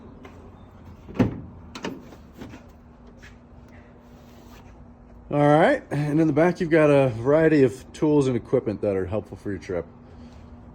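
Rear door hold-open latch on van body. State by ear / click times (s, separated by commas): seated / 1.8 s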